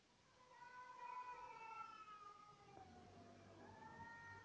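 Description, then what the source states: Cat giving a long, wavering wail that dips and rises, then a second drawn-out cry, with a click and low rumbling noise underneath. Cat calling on the roof of the recordist's house, having come there again.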